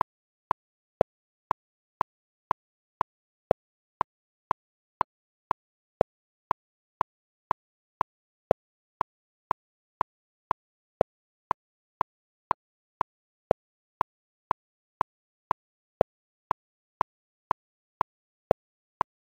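A metronome clicks steadily at 120 beats per minute, two sharp ticks each second over silence. Every fifth beat lands a little louder, marking bars of five. The clicks are dry, centred in the middle register with a bright edge.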